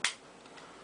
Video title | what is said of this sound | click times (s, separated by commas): Part 2 - GSG-5 ICS SEF Lower Installation | and push it in until it snaps | 0.0 s